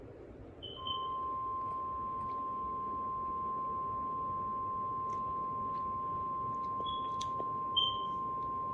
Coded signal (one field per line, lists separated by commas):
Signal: Emergency Alert System (SAME) tones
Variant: 1050 Hz attention tone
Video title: Severe Thunderstorm Warning EAS (Cox) 8/24/23